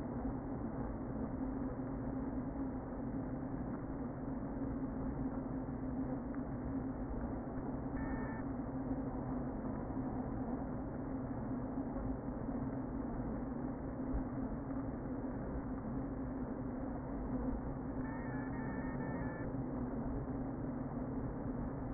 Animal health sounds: honeybee colony, microphone inside the hive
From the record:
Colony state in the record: queen present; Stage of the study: before two queens were removed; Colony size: about 60,000 bees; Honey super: yes

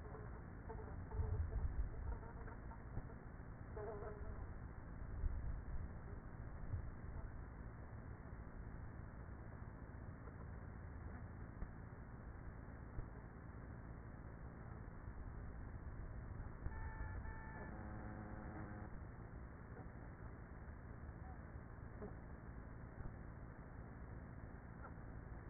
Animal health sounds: honeybee colony, microphone inside the hive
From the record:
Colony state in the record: queenless with a low population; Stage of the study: after two queens were removed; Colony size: about 30,000 bees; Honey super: no

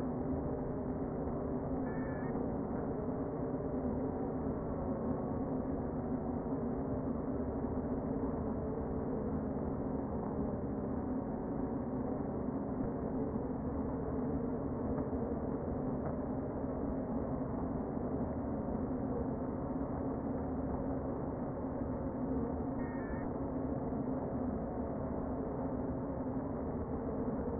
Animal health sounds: honeybee colony, microphone inside the hive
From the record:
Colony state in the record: queen present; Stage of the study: before two queens were removed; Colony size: about 60,000 bees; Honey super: yes

